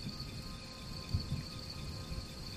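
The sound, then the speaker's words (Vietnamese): At night, a steady, high-pitched drone of cicadas hums without pause, while low, rumbling frog calls pulse faintly underneath, with a couple of slightly louder croaks midway. No voices are heard. “Tiếng ve sầu, tiếng ếch kêu, tiếng sột soạt của lá cây tạo thành một bản nhạc êm dịu cho màn đêm.”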